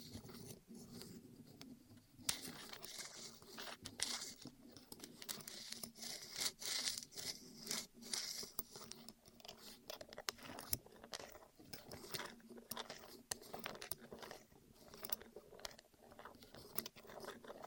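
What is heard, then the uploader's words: ASMR rolling sounds on the ears: a steady, dense stream of soft rubbing and rolling with frequent sharp little clicks and taps scattered throughout. A low hum runs underneath the whole time, and the bright crackling texture swells and eases without stopping. ASMR Rolling On Your Ears (No Talking).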